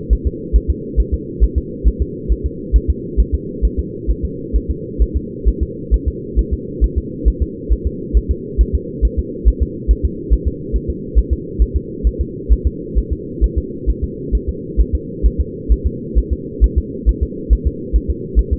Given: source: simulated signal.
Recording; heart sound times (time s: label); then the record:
fetal heart sounds
0.13 s: S1
0.27 s: S2
0.56 s: S1
0.70 s: S2
1.00 s: S1
1.14 s: S2
1.44 s: S1
1.58 s: S2
1.88 s: S1
2.02 s: S2
2.32 s: S1
2.46 s: S2
2.76 s: S1
2.90 s: S2
3.20 s: S1
3.35 s: S2
3.65 s: S1
3.79 s: S2
4.10 s: S1
4.25 s: S2
4.56 s: S1
4.70 s: S2
5.02 s: S1
5.17 s: S2
5.48 s: S1
5.63 s: S2
5.94 s: S1
6.08 s: S2
6.39 s: S1
6.53 s: S2
6.84 s: S1
6.98 s: S2
7.28 s: S1
7.42 s: S2
7.72 s: S1
7.87 s: S2
8.17 s: S1
8.31 s: S2
8.61 s: S1
8.75 s: S2
9.05 s: S1
9.19 s: S2
9.48 s: S1
9.63 s: S2
9.91 s: S1
10.05 s: S2
10.33 s: S1
10.48 s: S2
10.76 s: S1
10.90 s: S2
11.18 s: S1
11.33 s: S2
11.62 s: S1
11.76 s: S2
12.07 s: S1
12.21 s: S2
12.53 s: S1
12.67 s: S2
12.98 s: S1
13.13 s: S2
13.44 s: S1
13.58 s: S2
13.90 s: S1
14.04 s: S2
14.35 s: S1
14.49 s: S2
14.81 s: S1
14.95 s: S2
15.26 s: S1
15.41 s: S2
15.72 s: S1
15.87 s: S2
16.18 s: S1
16.33 s: S2
16.64 s: S1
16.78 s: S2
17.09 s: S1
17.23 s: S2
17.53 s: S1
17.67 s: S2
17.96 s: S1
18.10 s: S2
18.39 s: S1
18.53 s: S2
From the record:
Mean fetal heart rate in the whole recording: 135 bpm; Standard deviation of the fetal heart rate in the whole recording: 3 bpm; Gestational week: 34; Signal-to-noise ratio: -4.1 dB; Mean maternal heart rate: no maternal heart sound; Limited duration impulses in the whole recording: absent